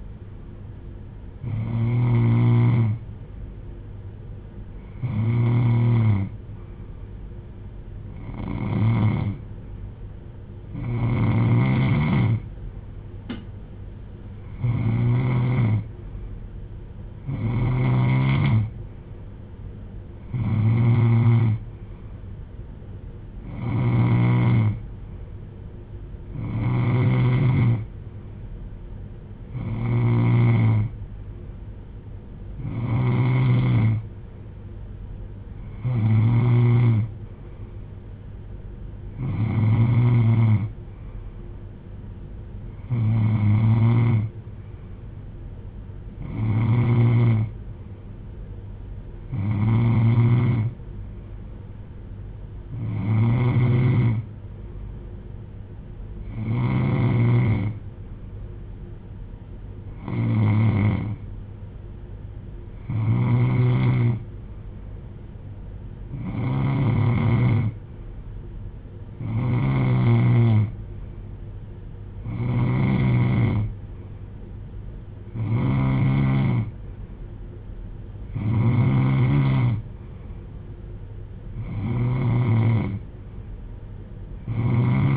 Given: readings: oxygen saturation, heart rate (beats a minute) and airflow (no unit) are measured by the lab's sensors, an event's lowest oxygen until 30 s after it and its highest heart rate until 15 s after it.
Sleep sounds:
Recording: breathing in sleep by a smartphone at the bedside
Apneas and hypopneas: none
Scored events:
60.00-85.16 s: new sleep stage, N3 (deep sleep)
From the record:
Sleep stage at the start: N2 (light sleep)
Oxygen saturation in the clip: 91 to 93%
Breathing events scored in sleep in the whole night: 310 in 8.1 hours asleep

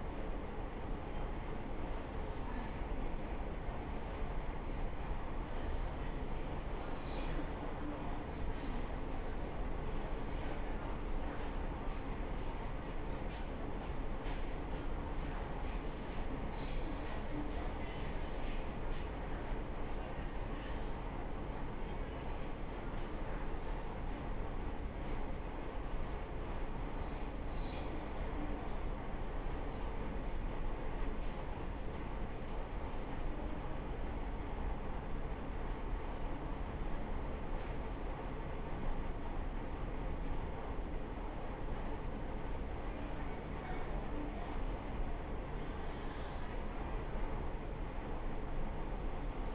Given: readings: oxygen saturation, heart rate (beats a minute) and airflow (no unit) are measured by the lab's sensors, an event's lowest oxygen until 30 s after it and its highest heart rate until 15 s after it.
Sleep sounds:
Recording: a person awake in a sleep study, by a smartphone at the bedside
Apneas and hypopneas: none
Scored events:
0.00-49.55 s: awake
0.00-49.55 s: awake
From the record:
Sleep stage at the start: awake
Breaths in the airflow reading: 18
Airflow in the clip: -0.7 to 0.6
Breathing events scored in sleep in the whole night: 328 in 6.3 hours asleep

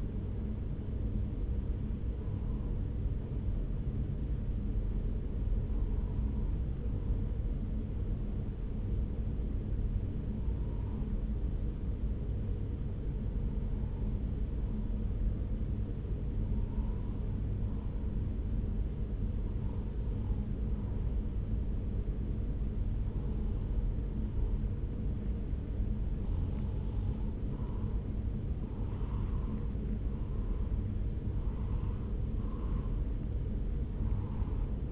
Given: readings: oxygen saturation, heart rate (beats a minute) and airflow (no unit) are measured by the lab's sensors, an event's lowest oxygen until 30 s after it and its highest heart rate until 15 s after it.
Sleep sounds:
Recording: breathing in sleep by a smartphone at the bedside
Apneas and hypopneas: 1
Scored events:
5.00-29.40 s: hypopnea (N2, oxygen 95% highest, then 93% lowest)
From the record:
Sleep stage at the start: N2 (light sleep)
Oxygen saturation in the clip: 93 to 95%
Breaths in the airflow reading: 10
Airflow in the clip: -3.2 to 2.9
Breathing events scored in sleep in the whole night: 335 in 6.7 hours asleep

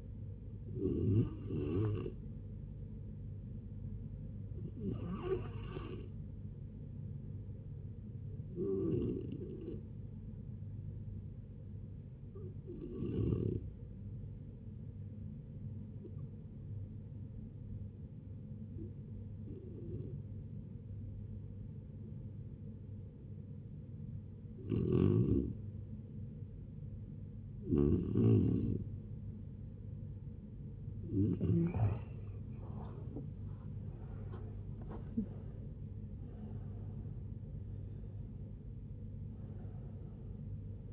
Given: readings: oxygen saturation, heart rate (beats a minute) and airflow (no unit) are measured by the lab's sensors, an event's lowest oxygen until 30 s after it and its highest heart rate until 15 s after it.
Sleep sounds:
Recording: a person awake in a sleep study, by a smartphone at the bedside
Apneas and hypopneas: none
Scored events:
0.00-40.93 s: awake
0.00-40.93 s: awake
From the record:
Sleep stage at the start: awake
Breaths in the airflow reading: 15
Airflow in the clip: -0.6 to 0.7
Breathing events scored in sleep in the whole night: 496 in 5.4 hours asleep

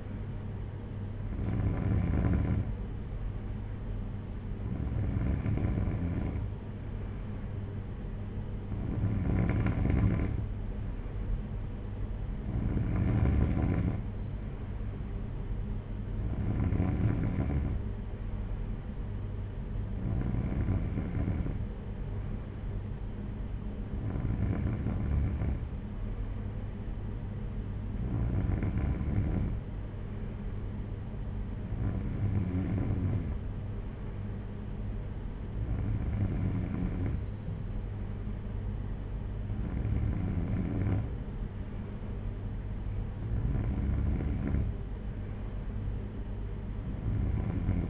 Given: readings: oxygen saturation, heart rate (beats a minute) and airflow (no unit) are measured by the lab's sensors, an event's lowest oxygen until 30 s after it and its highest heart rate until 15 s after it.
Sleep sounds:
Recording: breathing in sleep by a smartphone at the bedside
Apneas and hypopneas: none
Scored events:
none scored
From the record:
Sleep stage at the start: N3 (deep sleep)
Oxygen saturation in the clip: 93 to 94%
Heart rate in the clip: 56 to 61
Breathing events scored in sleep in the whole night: 226 in 8.8 hours asleep

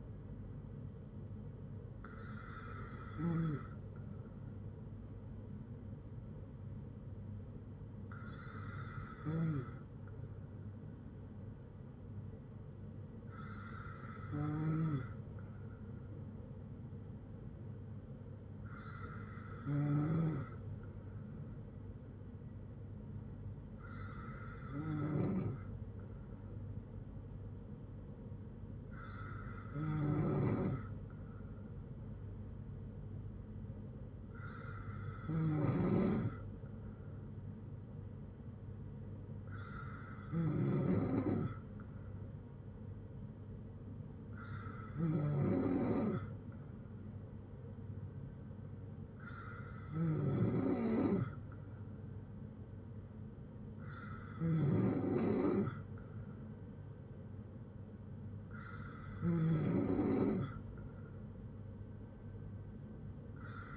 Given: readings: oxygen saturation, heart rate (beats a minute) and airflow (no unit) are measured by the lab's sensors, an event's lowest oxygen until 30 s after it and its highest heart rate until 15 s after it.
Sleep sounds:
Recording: breathing in sleep by a smartphone at the bedside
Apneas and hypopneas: 1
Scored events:
15.00-33.70 s: hypopnea (N2, oxygen 96% highest, then 93% lowest, heart rate 61 at the start, 68 highest)
From the record:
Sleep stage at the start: N2 (light sleep)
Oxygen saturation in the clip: 93 to 96%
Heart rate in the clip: 57 to 68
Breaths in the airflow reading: 12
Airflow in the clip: -4.5 to 3.1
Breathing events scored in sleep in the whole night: 182 in 7.4 hours asleep

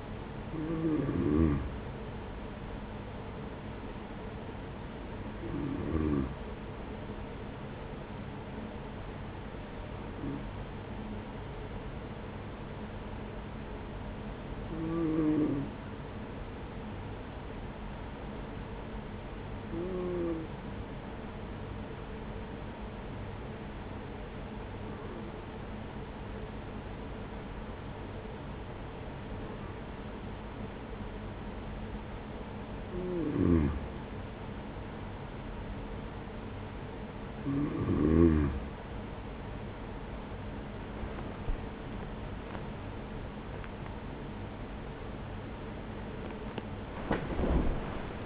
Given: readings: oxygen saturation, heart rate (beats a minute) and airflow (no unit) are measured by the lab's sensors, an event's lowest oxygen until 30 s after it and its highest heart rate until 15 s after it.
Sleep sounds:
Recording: breathing in sleep by a voice recorder at the bedside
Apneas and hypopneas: 1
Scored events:
16.00-36.90 s: hypopnea (N2, oxygen 95% highest, then 92% lowest, heart rate 42 at the start, 66 highest)
42.00-48.26 s: new sleep stage, awake
From the record:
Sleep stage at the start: N2 (light sleep)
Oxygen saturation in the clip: 94 to 95%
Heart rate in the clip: 42 to 61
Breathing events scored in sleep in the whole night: 210 in 6.9 hours asleep

